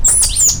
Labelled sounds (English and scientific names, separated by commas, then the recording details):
Stitchbird (Notiomystis cincta) song
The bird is a male
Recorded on Tiritiri Matangi Island, New Zealand, in 2005
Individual 1, of nest box 1